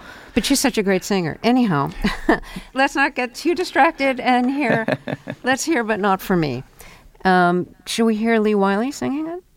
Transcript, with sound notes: But she's such a great singer. Anyhow, let's not get too distracted and hear...
(Laughter).
Let's hear "But Not For Me." Shall we hear Lee Wiley singing it?